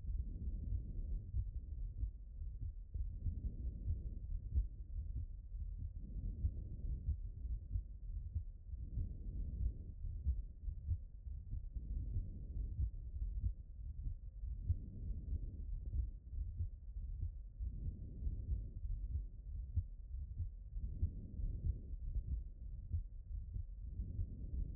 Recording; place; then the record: heart sounds by stethoscope; aortic valve (AV)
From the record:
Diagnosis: non-HFrEF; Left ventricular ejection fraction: 47%